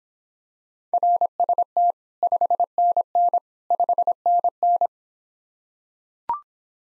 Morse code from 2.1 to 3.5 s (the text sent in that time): 5NN